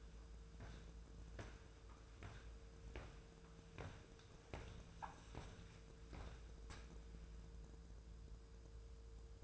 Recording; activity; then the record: daily activity, microphone in the room; walk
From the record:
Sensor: 2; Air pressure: 1005.2 hPa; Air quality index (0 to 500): 101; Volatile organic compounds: 2 ppm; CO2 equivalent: 1228 ppm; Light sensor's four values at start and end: 8/20/8/8 and 8/19/8/8